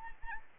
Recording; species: mosquito wingbeat signal from an infrared sensor; Anopheles arabiensis